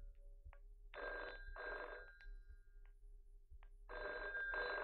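A telephone bell rings in loud, rattling double bursts: two quick rings, a pause of about two seconds, then another pair. No voices, only a faint low hum between rings.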